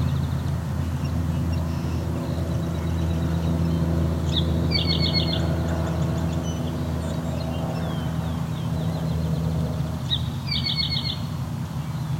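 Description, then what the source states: Eastern towhee singing short two-part phrases, a sharp note followed by a brief buzzy trill, about six seconds apart, over a steady low traffic rumble. Abbreviated 'drink your tea' song given as just 'drink tea'; McMaster Forest, Hamilton, Ontario.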